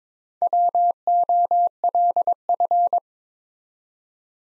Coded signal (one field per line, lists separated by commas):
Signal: Morse code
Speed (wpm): 23 wpm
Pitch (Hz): 700 Hz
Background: none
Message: WOLF